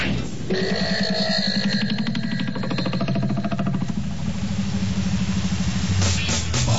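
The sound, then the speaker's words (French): Steady, loud rumble of motor traffic beside the Seine river, with a droning engine hum and shifting tones as vehicles go by, ending in a broader whoosh. No voices. “Mais est-ce qu'entre la Seine et les voitures, on a vraiment besoin de ça?”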